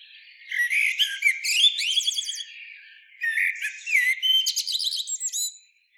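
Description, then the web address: Common blackbird giving two phrases in quick succession, warbled whistles turning into thin, squeaky, rapidly repeated high notes. "SETE data Turdus merula"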